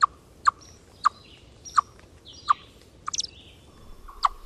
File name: Eastern Chipmunk (Wild America)